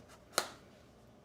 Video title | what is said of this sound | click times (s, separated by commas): Learn how to make a Split-Top Gift Box! - Episode 387 | So, if I close that, it locks itself into place. | 0.4 s